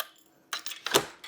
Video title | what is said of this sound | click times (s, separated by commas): How to Assemble Your Priority E-coast | and with a firm push locks in place. | 0.5 s